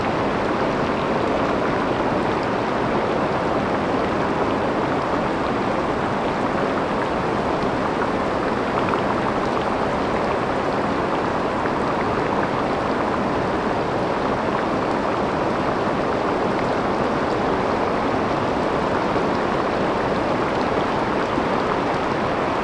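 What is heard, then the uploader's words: Rain falls in a steady, dense hiss with no pauses or build-ups across the whole stretch. The sound sits mostly in the middle range with a bright, fine-grained patter on top, even in loudness throughout, like a continuous downpour. A Rain Sound.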